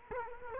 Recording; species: mosquito wingbeat signal from an infrared sensor; Culex quinquefasciatus